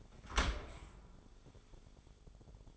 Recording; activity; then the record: daily activity, microphone in the room; open dishwasher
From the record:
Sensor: 5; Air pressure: 1015.1 hPa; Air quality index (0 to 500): 157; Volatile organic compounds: 4 ppm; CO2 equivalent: 1699 ppm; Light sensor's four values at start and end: 38/89/36/39 and 38/88/36/38